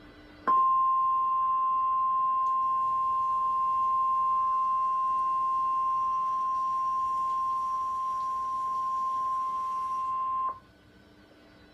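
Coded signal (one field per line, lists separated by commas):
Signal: Emergency Alert System (SAME) tones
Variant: 1050 Hz attention tone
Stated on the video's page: Real EAS alerts (Tornado Watches, Tornado Warning, Flood Warnings, Severe Thunderstorm Warnings) received on NOAA Weather Radio.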